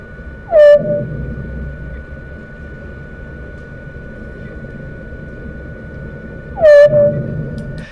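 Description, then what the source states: Bat echolocation calls, slowed down: two pulses about six seconds apart, each a quick falling sweep settling into a short steady low tone, over a faint constant hum. Echolocation call played slowed down more than 20 times; sounds very different slowed yet is the same animal.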